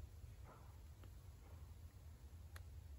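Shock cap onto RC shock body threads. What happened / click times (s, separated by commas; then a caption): The threaded cap dropped into thread alignment with a click / 2.6 s. A plastic shock cap is turned counter-clockwise on the threaded aluminium body of an RC shock, a Tamiya TC01 Formula E Gen2, over a low, steady background hum. There are faint soft scraping sounds, a small tick at 1.0 s, and a sharp, brief click at 2.6 s when the cap's thread drops into alignment. That click shows the threads have seated, so the cap is ready to be turned clockwise and threaded on.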